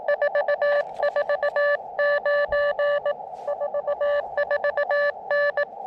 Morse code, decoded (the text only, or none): 449 44N